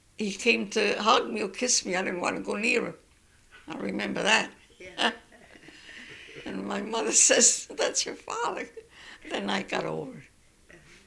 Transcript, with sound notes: he came to hug me or kiss me, I didn't want to go near him. I remember that. ( she laughs ) And my mother says, "That's your father." Then I got over it.